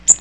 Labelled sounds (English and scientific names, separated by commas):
Magnolia Warbler (Setophaga magnolia) flight call